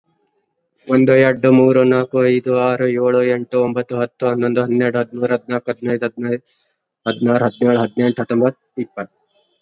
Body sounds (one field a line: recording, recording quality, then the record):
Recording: counting at a fast pace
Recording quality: moderate, slight background noise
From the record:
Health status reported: COVID-19 positive, mild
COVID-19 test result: positive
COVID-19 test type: RT-PCR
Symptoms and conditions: fever, fatigue, muscle pain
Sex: male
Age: 27 years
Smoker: no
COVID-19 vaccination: both doses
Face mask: worn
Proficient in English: yes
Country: India